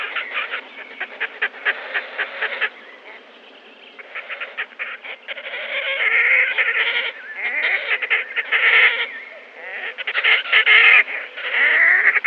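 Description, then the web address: Red-necked grebe giving a busy stream of rapid chattering notes that swell into loud squeals and wails, rising and falling in intensity. "Red-necked Grebe"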